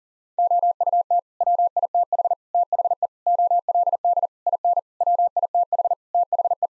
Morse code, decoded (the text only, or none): OUT WITH THE OLD IN WITH THE